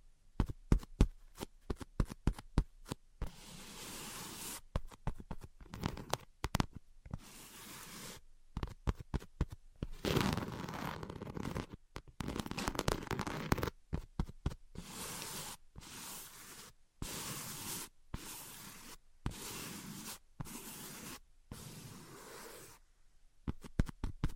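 Tapping and scratching come in dense, irregular bursts of sharp clicks and rough scrapes, separated by brief silences and steadier scratchy stretches throughout.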